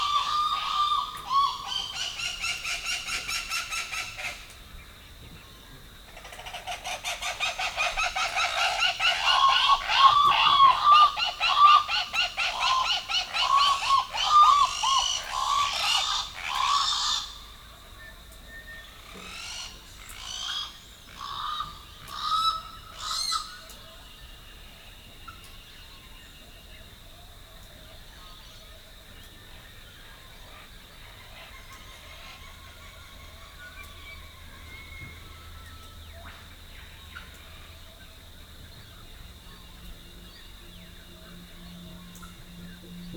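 A dawn chorus in Rathdowney, Queensland: loud bursts of dense bird chatter in the first seventeen seconds, then scattered calls and a steady high whine.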